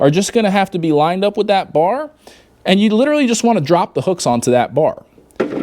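Someone talks while lining up the two hooks on the front frame section of a Golden Technologies Buzzaround LT 4-wheel mobility scooter with the bar on the rear frame, ready to drop the hooks onto it. A short, sharp knock is heard at about 5.4 s, but nothing has seated or clicked into place yet.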